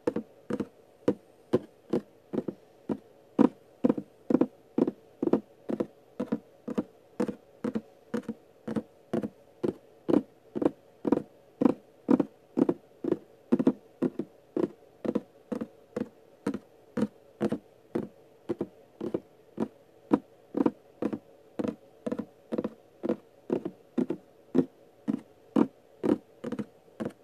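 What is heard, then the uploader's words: Steady, evenly spaced tapping, roughly two crisp knocks per second, slightly hollow for the whole stretch. Tapping ASMR sounds.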